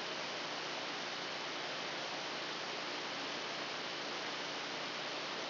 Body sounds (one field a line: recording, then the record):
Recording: brain microelectrode recording played as sound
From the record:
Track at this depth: outside the subthalamic nucleus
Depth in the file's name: 1.313 mm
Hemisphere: left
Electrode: 2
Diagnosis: Parkinson's disease